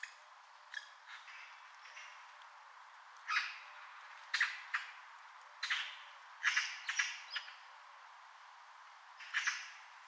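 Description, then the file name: Eurasian magpie producing fairly quiet harsh chack notes and short rattles at uneven intervals over a hissing background. "Pica pica"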